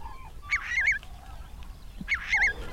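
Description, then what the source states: Common crane calls, two bursts of wavering, trumpeting notes about a second and a half apart. About 75 to 80 cranes flying overhead near Greifswald, beside a swampy small water channel and open field.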